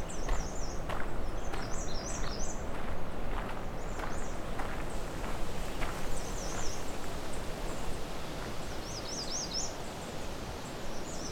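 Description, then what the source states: American Redstart song: several high, thin, buzzy phrases of rapid notes from more than one bird, over steady low rumbling and knocking thumps. More than a few American redstarts singing; Alvar Bay; July 26, 2020.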